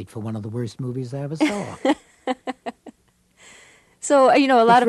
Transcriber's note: soundbite of laughter